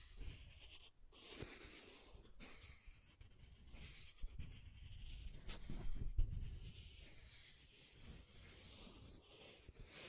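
Scratching and tracing over a surface, with continuous hissy scraping strokes running through the whole ten seconds. The strokes swell and fade irregularly, louder around the middle, with a brief gap near one second and a sharp tick just after six seconds.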